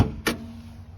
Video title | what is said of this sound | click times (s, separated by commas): How To Check Oil Levels On An Old Honda Odyssey | So as you might have heard the click, it's down inside. | 0.3 s